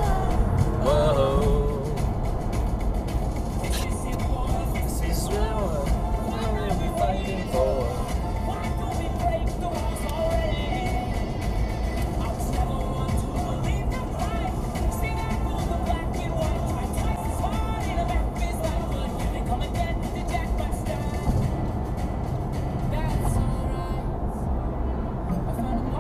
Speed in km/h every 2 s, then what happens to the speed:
85, 85, 89, 90, 90, 92, 92, 93, 95, 95, 95, 97, 98.
0-26 speeds up to 98.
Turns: none.